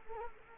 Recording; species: mosquito wingbeat signal from an infrared sensor; Culex quinquefasciatus